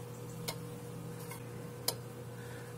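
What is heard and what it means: A rubber spark plug wire boot is pushed onto the spark plug terminal of a small MTD Powermore 140cc lawnmower engine. A softer tick comes at 0.5 s over a steady low hum, then a sharp snap at 1.9 s as the boot clicks on and is seated.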